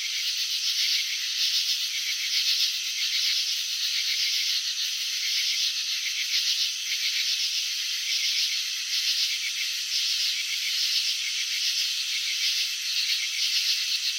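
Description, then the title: Cricket chorus of rapid high pulses in short repeated bursts over a constant shimmering drone, continuing throughout. Crickets chirping, presented in a slow-motion video showing wing vibrations and antenna movements. "Crickets in Slow Motion 📷. Capturing the Elegance of Chirping"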